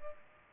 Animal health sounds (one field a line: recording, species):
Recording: mosquito wingbeat signal from an infrared sensor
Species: Culex pipiens